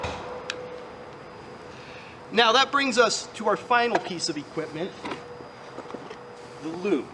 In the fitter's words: insert it into the hole until you hear a click.